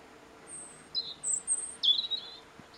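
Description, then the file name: European robin calls: thin, very high whistled notes, a faint drawn-out one first, then a few short phrases, the last longer, wavering and lower, over a quiet steady hiss. "Erithacus rubecula"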